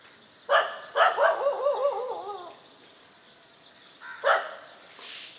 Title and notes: WRMJ+487, Mission St, MG Road Area, Puducherry, 605001, Inde - Concert de chiens. Ambiance matinale sur Mission Street - Concert de chiens. Prise de sons : JF CAVRO